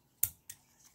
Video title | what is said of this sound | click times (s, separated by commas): TWOSUN TS114 ORANGE DYED TO BLACK PATINA AND A FEW EXTRAS FOR FUN! | get it started, click | 0.2 s